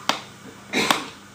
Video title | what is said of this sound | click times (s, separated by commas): MAH00006 | you hear it click a bit more and | 0.1 s